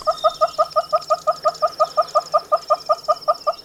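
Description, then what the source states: Southern Yellow-billed Hornbill calling in a rhythmic, rapid run of hollow clucking notes over a high-pitched buzzy chirring. Range across southern Africa from Angola to the east; breeds in cavities; voice described as very funny; not very shy; copes very well with high temperatures.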